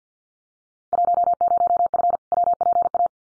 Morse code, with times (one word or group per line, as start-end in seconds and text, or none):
0.9-2.2 10F
2.3-3.1 WPA